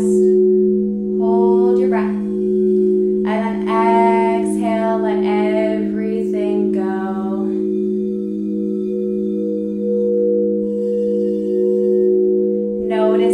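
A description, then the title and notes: Large crystal alchemy bowls hold a steady, layered hum throughout, while a voice speaks over the first seven seconds, then stops. Alchemy bowls (large crystal bowls).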